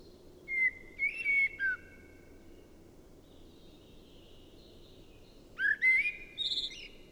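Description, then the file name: Common blackbird whistling two brief phrases of mellow, slightly sliding notes, one at the start and one near the end, with a thin high twitter between and low background noise. "Turdus merula"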